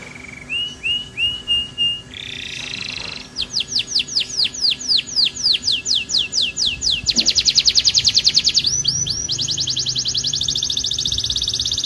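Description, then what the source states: Atlantic canary song: a long varied run of high trills, first slow whistled notes, then rapid descending sweeps and fast buzzy rolls repeated many times per second. Canary singing in the "kalitan" song style, a "gela gelo" variant.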